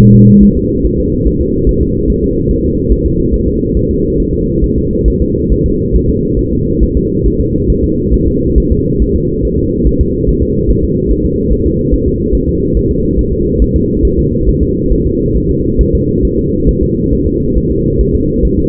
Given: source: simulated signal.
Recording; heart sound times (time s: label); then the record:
fetal heart sounds
0.00 s: S1
0.14 s: S2
0.43 s: S1
0.57 s: S2
0.85 s: S1
1.00 s: S2
1.27 s: S1
1.41 s: S2
1.69 s: S1
1.83 s: S2
2.10 s: S1
2.24 s: S2
2.51 s: S1
2.65 s: S2
2.92 s: S1
3.06 s: S2
3.34 s: S1
3.48 s: S2
3.77 s: S1
3.91 s: S2
4.20 s: S1
4.34 s: S2
4.64 s: S1
4.78 s: S2
5.08 s: S1
5.22 s: S2
5.52 s: S1
5.66 s: S2
5.95 s: S1
6.10 s: S2
6.39 s: S1
6.53 s: S2
6.83 s: S1
6.97 s: S2
7.26 s: S1
7.40 s: S2
7.70 s: S1
7.84 s: S2
8.14 s: S1
8.28 s: S2
8.58 s: S1
8.72 s: S2
9.02 s: S1
9.16 s: S2
9.45 s: S1
9.59 s: S2
9.87 s: S1
10.01 s: S2
10.29 s: S1
10.43 s: S2
10.70 s: S1
10.85 s: S2
11.12 s: S1
11.26 s: S2
11.53 s: S1
11.67 s: S2
11.94 s: S1
12.08 s: S2
12.35 s: S1
12.49 s: S2
12.77 s: S1
12.91 s: S2
13.19 s: S1
13.33 s: S2
13.62 s: S1
13.76 s: S2
14.05 s: S1
14.19 s: S2
14.49 s: S1
14.63 s: S2
14.92 s: S1
15.06 s: S2
15.37 s: S1
15.51 s: S2
15.81 s: S1
15.95 s: S2
16.25 s: S1
16.39 s: S2
16.69 s: S1
16.83 s: S2
17.13 s: S1
17.28 s: S2
17.57 s: S1
17.72 s: S2
18.01 s: S1
18.15 s: S2
18.45 s: S1
18.59 s: S2
From the record:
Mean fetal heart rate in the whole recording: 140 bpm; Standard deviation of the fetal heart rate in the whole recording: 2 bpm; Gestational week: 34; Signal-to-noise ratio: -10.2 dB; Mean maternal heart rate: 72 bpm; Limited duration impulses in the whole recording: present